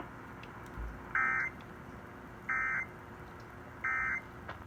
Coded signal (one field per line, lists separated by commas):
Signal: Emergency Alert System (SAME) tones